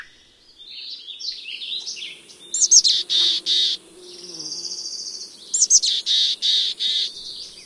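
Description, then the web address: Mountain chickadee calling: soft high twittering, then two chick-a-dee calls with harsh buzzy notes, separated by a drawn-out raspy buzz. "Know Your Bird Sounds Common Western Species 01-Mountain Chickadee"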